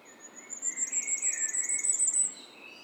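Firecrest song: a single quick run of thin, very high notes lasting about two seconds.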